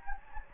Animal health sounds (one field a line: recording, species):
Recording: mosquito wingbeat signal from an infrared sensor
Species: Anopheles gambiae